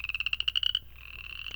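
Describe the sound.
Upland chorus frog trill, a quick series of sharp high pulses, then a quieter continuous high trill.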